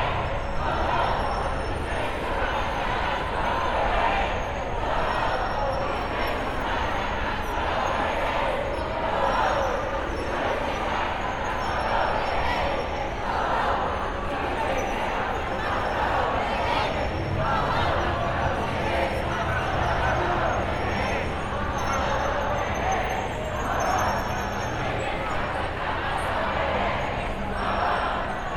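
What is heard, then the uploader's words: A street march echoes between buildings, with a dense, steady wash of many voices, chanting and shouting blurred by reverb. Rhythmic pulses run through the crowd sound, and low traffic rumble sits underneath throughout without letting up. Black Lives Matter march, Seattle. Reverb near Convention Center. This first recording was taken near the Washington State Convention Center. The strongest, most present voices seem to come from women.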